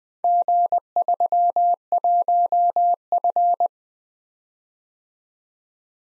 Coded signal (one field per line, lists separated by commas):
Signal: Morse code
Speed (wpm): 19 wpm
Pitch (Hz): 700 Hz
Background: none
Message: G31F